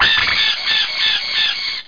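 Bird call: a loud, harsh, rasping cry with rough harmonics, running throughout with slight wavering.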